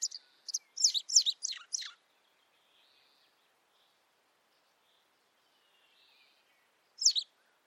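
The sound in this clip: Bird calls: a quick burst of several high, sharp chirps that drop in pitch, then a long quiet pause and one last chirp near the end.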